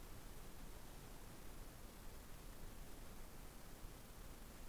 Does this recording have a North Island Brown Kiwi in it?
no